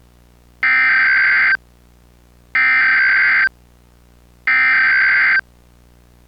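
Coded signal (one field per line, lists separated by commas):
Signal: Emergency Alert System (SAME) tones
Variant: header bursts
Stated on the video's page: Fictional found-footage recreation of a national emergency broadcast, not a real alert.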